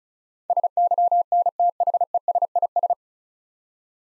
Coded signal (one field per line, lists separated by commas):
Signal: Morse code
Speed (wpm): 36 wpm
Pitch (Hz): 700 Hz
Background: none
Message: SYNTHESIS